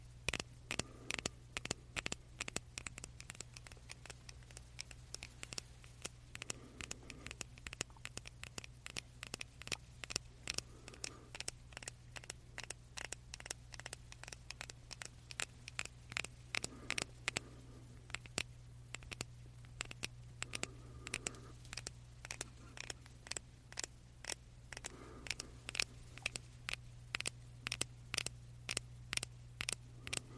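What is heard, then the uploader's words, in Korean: A candle crackles with dense, irregular sharp pops and ticks throughout, over a steady low hum. 조금 더 자세히 담아본 캔들 소리.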